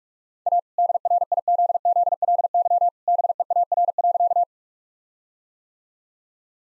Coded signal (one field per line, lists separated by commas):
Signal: Morse code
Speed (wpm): 42 wpm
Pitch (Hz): 700 Hz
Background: none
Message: A DRIZZLY BEAR.